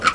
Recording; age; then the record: pig call; piglet (1 to 25 days)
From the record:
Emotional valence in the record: positive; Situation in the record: after nursing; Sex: female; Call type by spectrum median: low-frequency call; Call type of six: high-frequency stable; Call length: 0.15 s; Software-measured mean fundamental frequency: 212 Hz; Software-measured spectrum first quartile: 1269 Hz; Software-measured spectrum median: 1608 Hz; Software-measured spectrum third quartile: 3037 Hz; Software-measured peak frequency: 1283 Hz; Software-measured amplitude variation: 215 dB a second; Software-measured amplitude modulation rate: 3.3 a second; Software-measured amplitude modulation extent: 65.1 dB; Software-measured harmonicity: 5.2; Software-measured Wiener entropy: -1.50